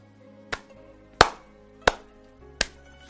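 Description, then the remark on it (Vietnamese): Four slow, sharp hand claps from a single person at the door, spaced roughly evenly about two-thirds of a second apart, each a bright crisp smack with no talking around them. “Tiếng vỗ tay đơn điệu vang lên ở cửa.”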